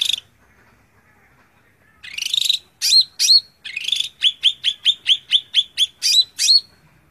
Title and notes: Suara Burung Cucak Ijo. masteran burung cak ijo